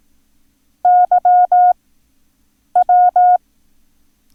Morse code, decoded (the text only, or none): YW